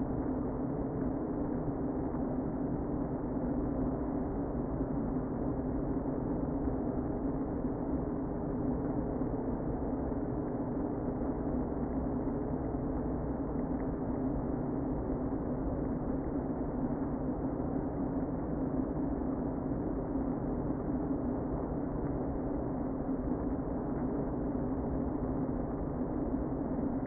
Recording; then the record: honeybee colony, microphone inside the hive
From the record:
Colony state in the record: queen present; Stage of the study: before two queens were removed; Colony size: about 60,000 bees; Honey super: yes